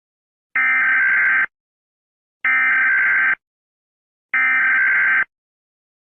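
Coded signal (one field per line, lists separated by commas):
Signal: Emergency Alert System (SAME) tones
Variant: header bursts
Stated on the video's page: Fake EAS warning.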